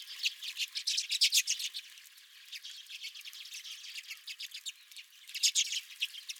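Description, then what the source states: Redpolls chattering busily, with bursts of fast, buzzy, high-pitched chips that swell loudest early on and again near the end. Redpolls at the recordist's feeder.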